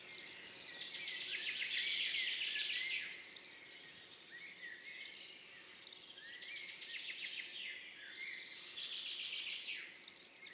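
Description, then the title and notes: Field cricket song: crisp pulsed chirps repeated at intervals, with birds singing in the background. Recorded among orchids on Montagne du Puy, 10 June 2019, in the morning after a mild night; continuous song, with birds waking and insects warming up behind; Nagra Seven, MKH40, stereo. "10 juin 2019-Montagne du Puy - Nagra seven - mkh40-stéréo Ce matin comme la nuit a été douce le grillon champêtre continu sont train train sonore."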